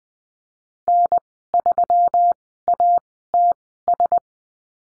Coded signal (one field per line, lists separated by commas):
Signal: Morse code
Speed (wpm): 20 wpm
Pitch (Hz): 700 Hz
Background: none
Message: N3ATS